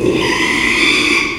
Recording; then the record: squeal of a Yucatan mini pig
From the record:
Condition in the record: after surgery on the right vocal fold (resection and tissue-engineered implant); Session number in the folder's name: 1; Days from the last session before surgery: 6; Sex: male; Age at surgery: 12 weeks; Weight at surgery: 13 kg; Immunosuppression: cyclosporine, prednisolone